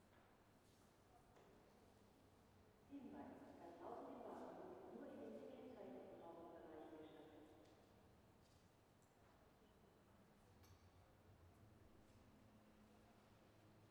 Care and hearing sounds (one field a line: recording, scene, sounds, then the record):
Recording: everyday scene through a hearing-aid microphone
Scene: reverberant space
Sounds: announcement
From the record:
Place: railway station hall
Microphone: behind the ear, left, front